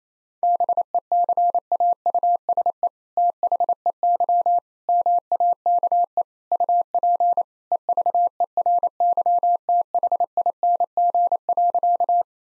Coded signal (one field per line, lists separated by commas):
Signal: Morse code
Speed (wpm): 28 wpm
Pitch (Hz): 700 Hz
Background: none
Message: BECAUSE THEY MAKE UP EVERYTHING.